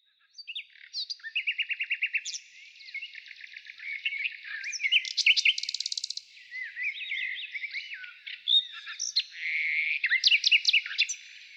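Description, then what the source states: Nightingale singing varied phrases: quick repeated-note trills, whistled slurs and a buzzy rattle around the middle, separated by short gaps. Morning song.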